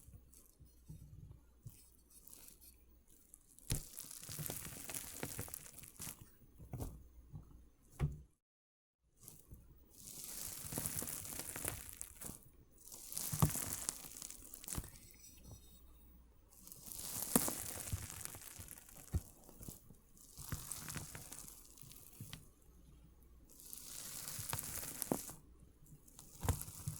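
Water beads being crushed in irregular bursts of wet crackling and squishing, with bright hissy surges, brief pauses, and a short silence near nine seconds.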